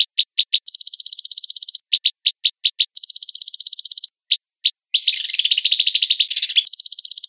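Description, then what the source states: Long-tailed shrike mixing isolated high chips with sustained buzzy, insect-like trills and a late burst of scratchy chatter. Song in the combination style, locally called kombinasi.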